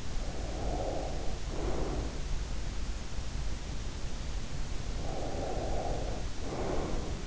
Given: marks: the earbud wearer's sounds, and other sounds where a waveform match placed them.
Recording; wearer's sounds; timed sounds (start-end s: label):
sounds in sleep by an in-ear microphone; breath
0.09-1.97 s: breath
4.94-7.27 s: breath